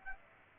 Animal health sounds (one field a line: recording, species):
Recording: mosquito wingbeat signal from an infrared sensor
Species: Aedes aegypti